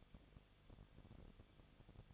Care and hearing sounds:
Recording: daily activity, microphone in the room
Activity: no activity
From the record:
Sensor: 4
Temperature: 23.0 degrees Celsius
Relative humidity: 34.2%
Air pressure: 1007.4 hPa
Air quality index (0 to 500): 212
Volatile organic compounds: 14 ppm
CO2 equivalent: 2442 ppm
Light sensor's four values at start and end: 2/3/1/1 and 2/3/1/1

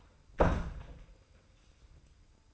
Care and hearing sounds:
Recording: daily activity, microphone in the room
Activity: close door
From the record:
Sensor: 2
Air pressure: 990.3 hPa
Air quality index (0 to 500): 183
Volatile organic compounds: 1000 ppm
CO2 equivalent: 5804 ppm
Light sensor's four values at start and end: 34/81/33/33 and 34/81/33/33

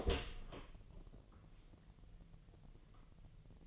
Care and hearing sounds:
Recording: daily activity, microphone in the room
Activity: open door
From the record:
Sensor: 4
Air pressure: 1002.2 hPa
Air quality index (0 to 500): 248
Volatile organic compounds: 41 ppm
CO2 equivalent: 3169 ppm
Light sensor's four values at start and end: 9/20/7/7 and 8/19/7/6

